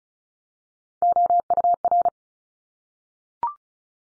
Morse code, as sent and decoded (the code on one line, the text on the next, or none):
--- ..- .-.
OUR